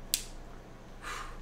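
A right-channel cable plug is pushed into the right earcup socket of Hifiman HE560 planar magnetic headphones and seats with a sharp, bright click at 0.1 s. A softer, longer broadband rustle follows from about 1.0 to 1.4 s over a low steady hum, and the connector is confirmed seated.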